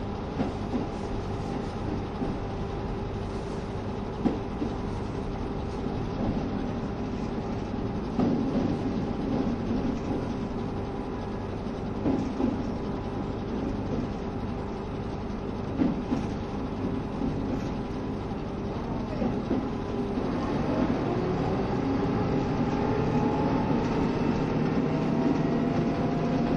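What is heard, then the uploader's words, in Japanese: A train runs steadily with a dense low rumble and a sustained tonal hum, clacks recurring throughout, and a rising whine near twenty seconds. キハ72系 ゆふいんの森06号 01/01:由布院～博多。キハ72系＂ゆふいんの森06号＂の列車走行音(静止画)です。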